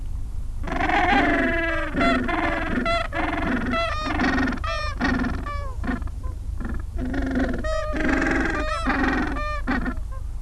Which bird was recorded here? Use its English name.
Gentoo Penguin